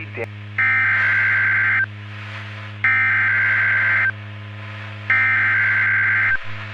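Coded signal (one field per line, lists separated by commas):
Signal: Emergency Alert System (SAME) tones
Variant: header bursts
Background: speech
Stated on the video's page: Fictional EAS scenario.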